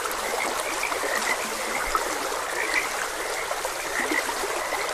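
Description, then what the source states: Frogs croaking with several short high notes over constant flowing water. Frogs croaking beside a gentle stream in a continuous ambient nature soundscape.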